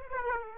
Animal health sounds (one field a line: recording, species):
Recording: mosquito wingbeat signal from an infrared sensor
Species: Aedes aegypti